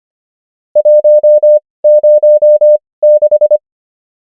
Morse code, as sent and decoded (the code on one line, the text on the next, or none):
.---- ----- -....
106